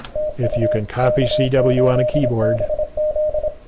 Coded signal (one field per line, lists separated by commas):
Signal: Morse code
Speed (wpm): 24 wpm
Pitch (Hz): 620 Hz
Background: speech, radio noise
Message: TU K8BZ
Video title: CW Ops Contest